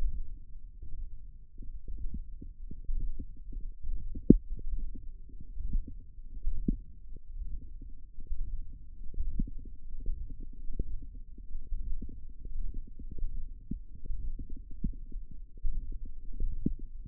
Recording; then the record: forearm muscle sounds (acoustic myography)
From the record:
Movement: index flexion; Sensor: system 1, eight BSWA MPA416 microphones around the upper forearm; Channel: 8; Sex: male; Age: 23 years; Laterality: right